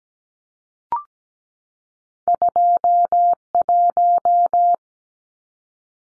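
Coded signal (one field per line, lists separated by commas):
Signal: Morse code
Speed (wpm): 17 wpm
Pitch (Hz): 700 Hz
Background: none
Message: 21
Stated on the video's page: Two-digit numbers sent at 17 wpm for head-copy drill, each sent, spoken, then sent again.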